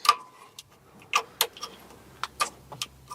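A wiring connector is pushed onto the headlight leveling (height) sensor of a Maserati with air suspension, producing a series of short, sharp knocks around 0.1, 1.2, 1.4, 2.2, 2.4 and 2.8 seconds. The connector has not seated or clicked in yet, because a metal plate at the bottom is in the way and may need to be bent with small vice grips.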